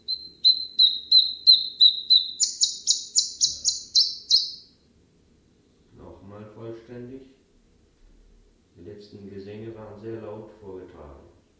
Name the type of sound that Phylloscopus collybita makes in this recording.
song